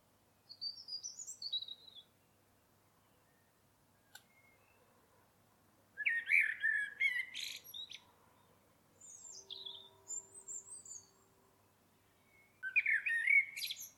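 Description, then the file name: Common blackbird song: thin high whistles, then two loud fluty warbled phrases separated by quieter high notes. "Turdus merula"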